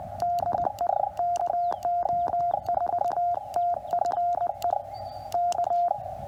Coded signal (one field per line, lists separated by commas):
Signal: Morse code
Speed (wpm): 20 wpm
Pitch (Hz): 700 Hz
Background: radio noise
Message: DE KO4TFE K